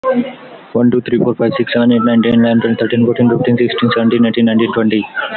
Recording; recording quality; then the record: counting at a fast pace; excellent, no background noise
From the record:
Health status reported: healthy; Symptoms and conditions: none ticked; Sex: male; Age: 20 years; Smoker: not ticked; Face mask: not worn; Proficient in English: yes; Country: India